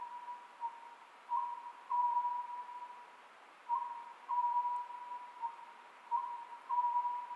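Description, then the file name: Oriental scops owl call: clear whistled hoots grouped into short phrases roughly every two and a half seconds, over steady background hiss. Recorded 27 May 2010 at 23:35. "konohazuku-20100527-2335"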